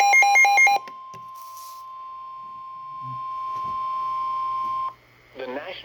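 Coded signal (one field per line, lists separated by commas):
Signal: Emergency Alert System (SAME) tones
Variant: 1050 Hz attention tone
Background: speech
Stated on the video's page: Severe thunderstorm warning received on NOAA Weather Radio.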